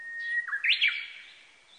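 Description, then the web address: Japanese bush warbler song: a sustained plain whistle leading into a rapid two-part warbled flourish that trails away. Recorded on 18 April 1998. "1998 980418 uguisu"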